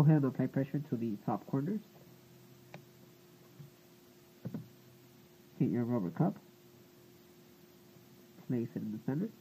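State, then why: Seated. Pressure is applied to the top corners of a plastic key retainer (hinge) to press it onto the keyboard base of an Acer V5 M5 M3 laptop, and a short, sharp click at 2.7 s shows the retainer clipping in and seating. Someone talks before and after the click.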